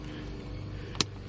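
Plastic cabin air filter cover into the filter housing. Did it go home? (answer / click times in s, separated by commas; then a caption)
yes / 1.0 s. A plastic cabin air filter cover on an Infinity G37 is pushed into the filter housing behind the dash panel and locks into place. A faint tick at 1.0 s leads into a sharp, bright click at 1.0 s over a low steady hum, and the cover is seated.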